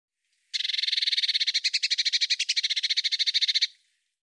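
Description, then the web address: Eurasian blue tit churring scold call, a single dry, rapidly pulsed buzzy rattle lasting about three seconds, steady in pitch. "Deverinetal"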